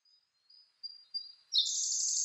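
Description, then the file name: Siberian blue robin song: a few thin, high, sustained notes, then a loud, rapid, buzzy trill. Recorded 2 June 2010 at 08:36. "koruri 20100602-0836"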